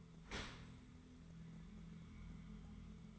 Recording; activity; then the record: daily activity, microphone in the room; open dishwasher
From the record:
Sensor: 3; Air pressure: 1015.0 hPa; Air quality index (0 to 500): 35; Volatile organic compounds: 1 ppm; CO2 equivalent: 564 ppm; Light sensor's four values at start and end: 11/26/11/11 and 11/26/11/11